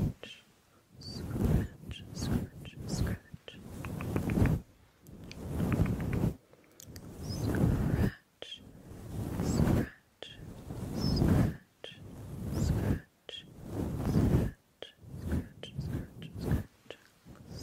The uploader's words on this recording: ASMR Gentle Mic Scratching and Swirling for a DEEP SLEEP.